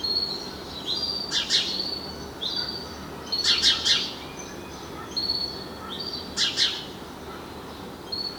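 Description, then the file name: House sparrow chirps: high, clipped chirps in quick bursts every one to two seconds, with a steady background hiss. "Passer domesticus"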